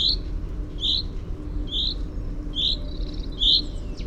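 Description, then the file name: Common chaffinch giving five quick, bright high call notes, a little under a second apart, over a faint low hum. "Fringilla coelebs"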